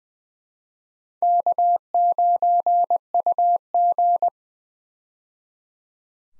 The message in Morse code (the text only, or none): K9UG